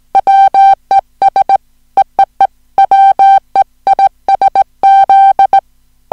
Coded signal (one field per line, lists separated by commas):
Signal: Morse code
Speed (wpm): 18 wpm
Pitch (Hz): 780 Hz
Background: music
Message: WES EEE WEISZ